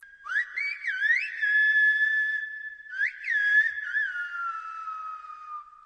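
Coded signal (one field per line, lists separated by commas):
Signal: whistled language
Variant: Silbo Gomero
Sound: two whistled phrases with rising and falling glides, then long held tones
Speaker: two whistled languages that have been studied in depth are silbo which is based on spanish and found in the canary islands and a turkish-based language found in the mountains of turkey here's the sample of seal bow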